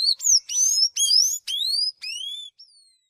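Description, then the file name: Sayaca tanager giving a short burst of high, squeaky slurred notes, mostly rising whistles, ending in a soft, faint final note. "sanhaco azul"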